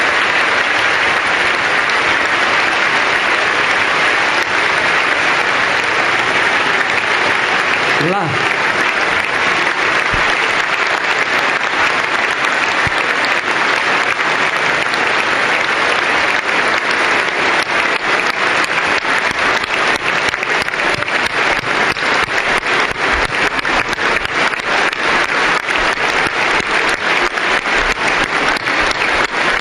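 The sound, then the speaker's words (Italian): Sustained, dense applause from a large crowd in an assembly, following words of Italian President of the Republic Napolitano, fills the whole half-minute, a steady loud wash of clapping with no pauses and no voices rising above it. “Lunghissimo applauso alle parole del Presidente della Repubblica Napolitano.”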